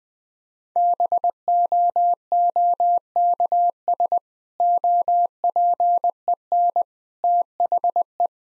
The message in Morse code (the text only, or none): BOOKS OPEN THE